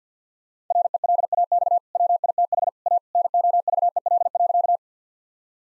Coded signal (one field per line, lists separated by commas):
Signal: Morse code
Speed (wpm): 50 wpm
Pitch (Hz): 700 Hz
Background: none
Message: RELAX WITH A NOVEL.